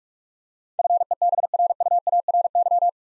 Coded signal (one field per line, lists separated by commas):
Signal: Morse code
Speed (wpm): 42 wpm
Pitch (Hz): 700 Hz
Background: none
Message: FEBRUARY